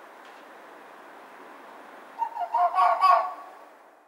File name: red-fox-1 barks